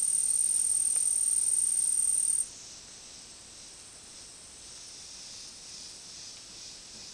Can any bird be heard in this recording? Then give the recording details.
no. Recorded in dense forest near Puerto Asís, Putumayo, Colombia, on 20 February 2024 at 11:00. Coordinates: 0.499, -76.324. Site G6469